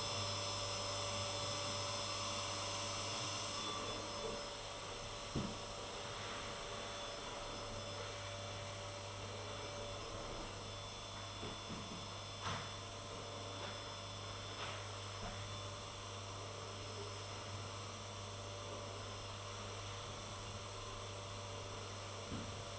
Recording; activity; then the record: daily activity, microphone in the room; vacuum cleaning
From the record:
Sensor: 4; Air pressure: 1008.5 hPa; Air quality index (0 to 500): 62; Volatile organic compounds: 1 ppm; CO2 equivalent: 598 ppm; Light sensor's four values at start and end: 15/34/14/13 and 14/32/13/12